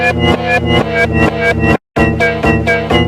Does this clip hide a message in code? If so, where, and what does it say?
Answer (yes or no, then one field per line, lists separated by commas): no